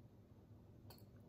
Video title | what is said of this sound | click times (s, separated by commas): Flosstube 77 - June 18, 2021 | course i've had it open a million times and now when i want it to come open it won't | none